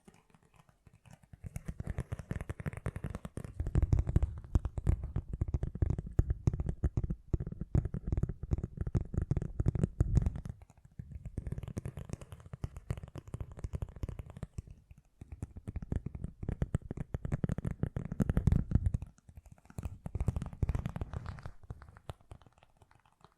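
Fast, gentle tapping runs in dense, rapid bursts of soft clicks, heaviest in the low end with a light crisp edge. The tapping starts after about a second, eases briefly near 11 and 19 seconds, then resumes, fading out toward the end.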